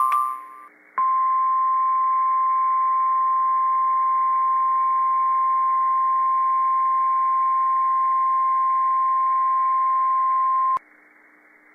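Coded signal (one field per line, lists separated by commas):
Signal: Emergency Alert System (SAME) tones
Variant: 1050 Hz attention tone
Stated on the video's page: Tornado warning issued by the National Weather Service in Tulsa for Oklahoma counties.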